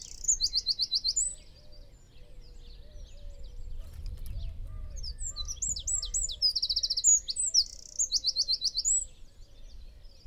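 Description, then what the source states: Eurasian wren singing two bursts of shrill rapid trills and high notes, one at the start and one after a pause of several seconds, other birds faint behind. Nominate subspecies Troglodytes troglodytes troglodytes.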